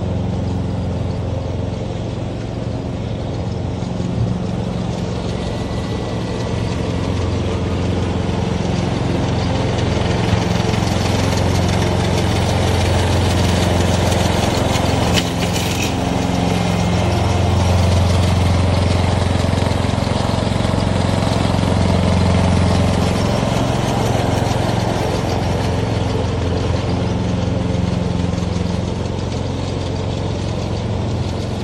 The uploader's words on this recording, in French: Le doux ronronnement de la tondeuse à gazon. Le bruit de la tondeuse à gazon.